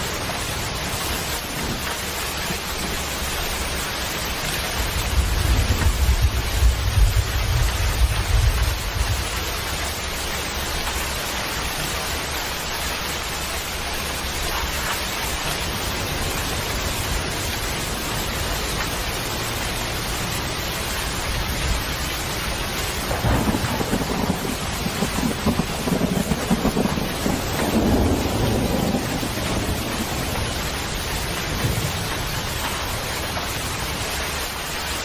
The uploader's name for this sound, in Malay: Suara Hujan Deras Disertai Guruh